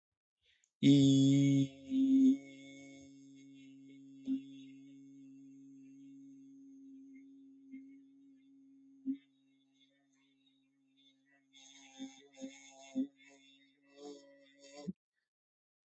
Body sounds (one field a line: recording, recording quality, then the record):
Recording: sustained vowel as in beet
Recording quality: excellent, no background noise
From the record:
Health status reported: healthy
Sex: male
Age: 43 years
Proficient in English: yes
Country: India